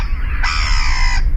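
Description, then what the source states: Common Gull call: a single drawn-out mewing note, then the brief start of another. Gull call played alongside other gull calls for comparison.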